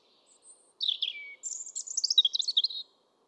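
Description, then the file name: European robin delivering a tumbling phrase: a falling thin whistle, then rapid high twittering notes that ripple downward. "Erithacus rubecula"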